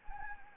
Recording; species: mosquito wingbeat signal from an infrared sensor; Anopheles gambiae